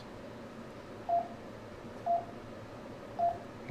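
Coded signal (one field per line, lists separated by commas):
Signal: none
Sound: radio's key press beeps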